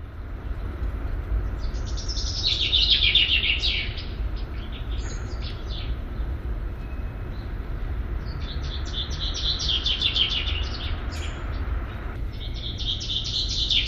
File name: Fringilla coelebs